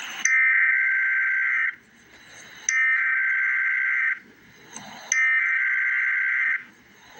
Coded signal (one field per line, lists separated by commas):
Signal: Emergency Alert System (SAME) tones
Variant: header bursts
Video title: Emergency Alert System - Special Weather Statement - Jan 17, 2026 at 9:05 AM EST